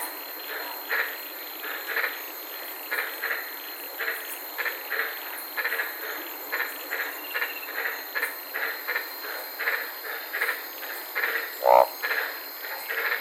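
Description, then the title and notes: White-lipped tree frogs keeping up a chorus of short, harsh barks, irregularly spaced, with a single sharp knock near the end. Several frogs calling at night in the Daintree rainforest, Queensland, Australia, recorded from inside a car. "White Lipped Frog Podcast. I was sitting in my car in the Daintree rainforest in Queensland this night and fell asleep listening to these amazing White lipped frogs"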